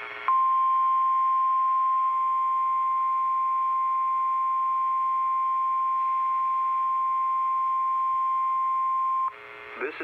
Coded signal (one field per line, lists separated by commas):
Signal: Emergency Alert System (SAME) tones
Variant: 1050 Hz attention tone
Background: speech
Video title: Required Weekly Test (WXL25 Missoula, EAS #45)(7/3/2019)